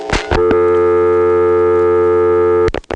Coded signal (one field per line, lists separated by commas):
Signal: telephone call progress tone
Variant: North America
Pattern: dial tone